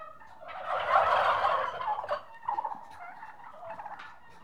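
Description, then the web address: Turkeys gobbling in a loud rolling, bubbling burst, then softer overlapping gobbles and chatter from several birds. Six-month-old turkeys, more than one bird, domestic livestock. "BBC Sound Effects Library. Six Month Old Turkeys"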